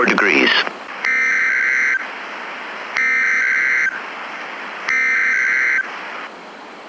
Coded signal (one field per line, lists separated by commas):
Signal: Emergency Alert System (SAME) tones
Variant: header bursts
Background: speech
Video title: EAS MOCK - Severe Thunderstorm Warning (it was happened today)